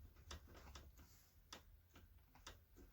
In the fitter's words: You can hear that click.